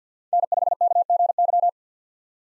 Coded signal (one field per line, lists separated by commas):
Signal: Morse code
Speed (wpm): 49 wpm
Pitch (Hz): 700 Hz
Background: none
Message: N5KGY